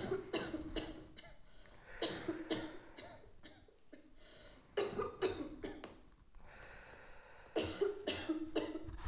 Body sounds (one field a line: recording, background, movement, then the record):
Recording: deep breathing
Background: a bystander coughing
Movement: sitting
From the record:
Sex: male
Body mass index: 20.6 kg/m2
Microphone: on the chest, facing outward